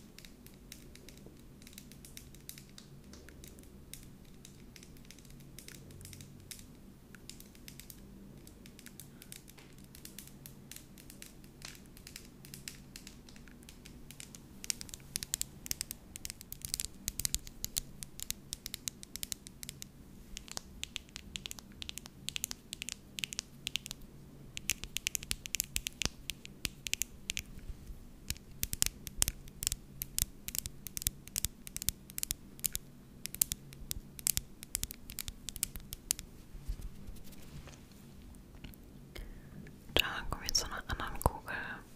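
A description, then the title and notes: Tapping sounds over a steady low hum. The first fifteen seconds are soft and sparse, then the taps grow louder and denser, with quick bright clicks and scratchy patter between about 15 and 37 seconds. The taps ease off briefly before a short louder burst at the end. Tapping ASMR.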